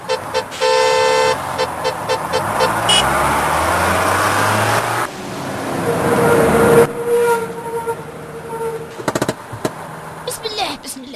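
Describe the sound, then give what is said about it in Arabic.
Steady rumbling road noise from inside a moving car, with a few sharp horn honks at the start and scattered clunks and thumps toward the end. “بالله عليك حلينا قزازة سيارة يا حجة نهلة”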